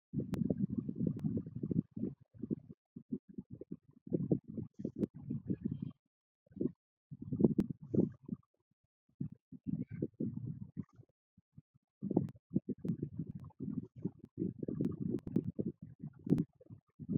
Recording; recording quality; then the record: shallow breathing; moderate, slight background noise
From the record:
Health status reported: respiratory illness, not identified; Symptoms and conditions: asthma, hypertension, diabetes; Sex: female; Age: 56 years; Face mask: not worn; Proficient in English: yes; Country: India